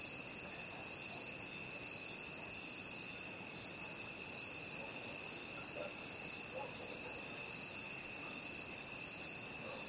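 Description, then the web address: Crickets give a continuous shrill chorus with two steady high bands, unbroken from start to finish, with faint soft sounds beneath. Crickets calling at night. "the sound pack tree. night crickets"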